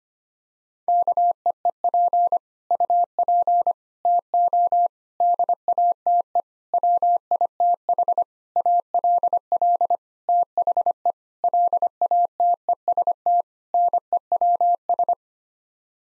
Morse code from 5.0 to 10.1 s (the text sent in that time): DATE WITH ALL